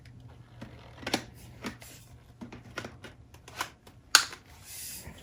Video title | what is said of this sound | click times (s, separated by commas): Cordless stick vacuum cleaner, rechargeable, powered brush head, compact, light weight by Meiyou | like that nice click and then | 4.1 s